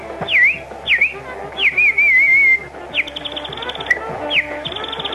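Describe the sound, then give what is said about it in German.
A bird whistle instrument plays a series of bright, high chirps: quick downward-swooping tweets, one longer warbling trill, then a few more sharp chirps, fairly loud with no talking. “Heute ein äußerst scheues Instrument, was durch die zunehmende Zersiedlung Deutschlands auch vom Aussterben bedroht ist. Die Vogelpfeife.”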